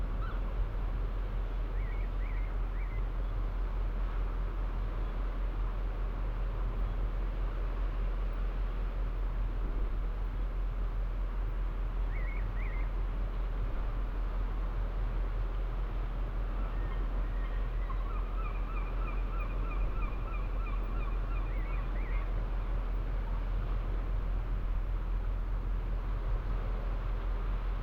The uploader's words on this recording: Fishing village harbour at night. From here, steep up a winding path above the harbour, the ocean waves crash onto the ancient seawalls of St Abbs on the east coast of Scotland, in full spatial detail. Swirling currents of bouncing swell, softened by less than a hundred yards, into a rich textured white noise emulsion.